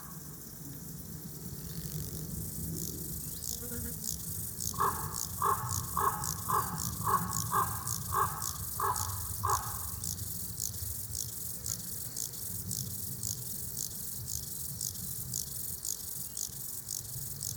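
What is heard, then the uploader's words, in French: Grasshoppers chirr in a steady, regular pulsing that fills the high register throughout, each stroke repeating about twice a second. A crow caws in a quick run of hoarse calls from about five to ten seconds. Low outdoor rumble sits underneath. Forêt de Val Drôme, lieu dit la Sarcena. Nagra seven, stereo 2xmk40. Un magnifique concert de Criquets des adrets (Chorthippus apricarius). Le corbeau et les criquets.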